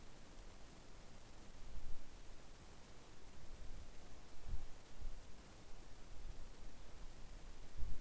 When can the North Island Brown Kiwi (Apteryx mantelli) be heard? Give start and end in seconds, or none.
none